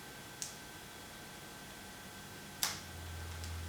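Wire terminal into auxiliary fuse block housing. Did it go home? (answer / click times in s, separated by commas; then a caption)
yes / 0.4 s, 2.6 s. A crimped wire terminal is pushed into the rear of an auxiliary fuse block housing on a Vstrom, giving sharp clicks at 0.4 s and 2.6 s, followed by a fainter tick near 3.4 s over a steady background hum. The terminal snaps in and is seated and locked.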